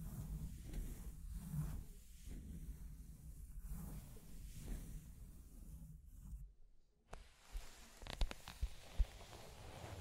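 Scratching and tracing sounds: for the first six seconds a steady, low, rough rubbing runs in repeated strokes, rising and dipping roughly every half second. A brief near-silence follows, then sparser scratches with a few sharp taps near the end.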